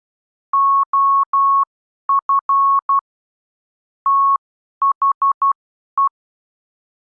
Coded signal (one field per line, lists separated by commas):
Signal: Morse code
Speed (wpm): 12 wpm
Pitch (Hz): 1100 Hz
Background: none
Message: OF THE